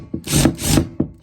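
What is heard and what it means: A driver turns in an already completely stripped screw on a metal microwave mounting bracket, scraping and slipping without gripping. Sharp clicks land at 0.1 s and 1.0 s between two longer grinding scrapes. The screw stays stripped and does not come out.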